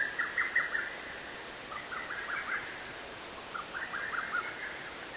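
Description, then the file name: Little cuckoo song: faint, hurried series of short notes in three phrases, partly blurred by steady background hiss. "little cuckoo"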